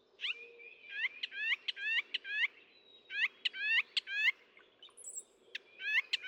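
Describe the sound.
Northern mockingbird song, a rapid series of repeated downslurred chirps in short bursts, with a faint high note.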